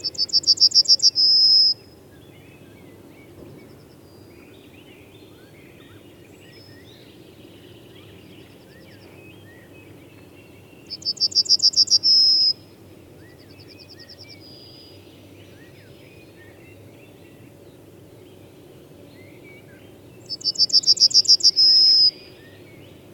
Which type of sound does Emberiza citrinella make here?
song